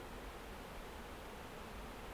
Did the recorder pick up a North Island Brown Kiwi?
no